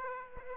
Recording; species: mosquito wingbeat signal from an infrared sensor; Aedes aegypti